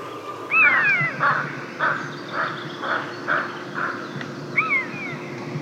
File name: Musvåk